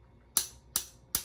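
Someone tilts the head of a Rowenta VU5670 Turbo Silence Oscillating Fan upward through the ratcheting tilt joint on its pedestal stand. Three sharp, bright clicks sound at 0.4, 0.8 and 1.2 s, each with a short fading ring, as the head seats into successive detent positions. The joint won't hold the angle once the fan vibrates.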